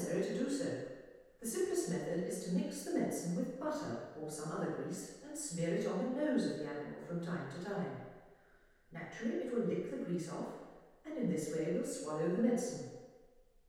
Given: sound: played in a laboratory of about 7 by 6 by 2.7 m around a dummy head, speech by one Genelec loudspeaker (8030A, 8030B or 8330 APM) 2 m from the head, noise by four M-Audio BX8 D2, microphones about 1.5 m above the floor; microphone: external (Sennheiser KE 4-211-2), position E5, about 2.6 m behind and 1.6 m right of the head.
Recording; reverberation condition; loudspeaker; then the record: female speech in English; high; 30 degrees to the left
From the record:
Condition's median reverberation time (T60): about 1300 ms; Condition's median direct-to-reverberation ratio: about -4.0 dB